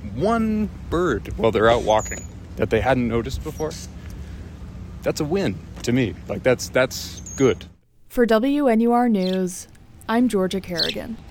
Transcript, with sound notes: one bird while they’re out walking, that they hadn’t noticed before. That’s a win to me. That’s good.
[natural sound: common grackle chirping] For WNUR News, I’m Georgia Kerrigan.